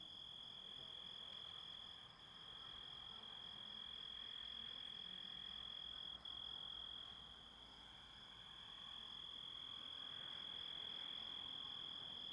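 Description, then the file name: Grasshopper producing a steady, shrill, even tone with one very brief break, its loudness dipping gently and recovering. Composite recording of grasshopper sounds. "engisprettur samsett hljo rit"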